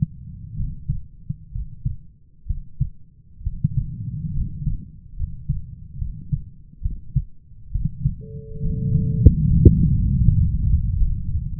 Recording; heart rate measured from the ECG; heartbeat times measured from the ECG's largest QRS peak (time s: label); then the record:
heart sounds by stethoscope; 69 bpm
0.55 s: heartbeat
1.51 s: heartbeat
2.46 s: heartbeat
3.43 s: heartbeat
4.33 s: heartbeat
5.16 s: heartbeat
5.98 s: heartbeat
6.81 s: heartbeat
7.71 s: heartbeat
8.61 s: heartbeat
9.45 s: heartbeat
10.22 s: heartbeat
10.96 s: heartbeat
From the record:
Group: healthy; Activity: rest 0-8 s, breath hold 8-12 s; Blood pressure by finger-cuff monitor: 125/78 mmHg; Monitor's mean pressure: 90 mmHg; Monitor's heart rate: 69 bpm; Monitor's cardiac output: 7.2 L/min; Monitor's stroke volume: 109 mL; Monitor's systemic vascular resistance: 940 dyn s/cm5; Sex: male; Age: 23 years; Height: 178 cm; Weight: 96.6 kg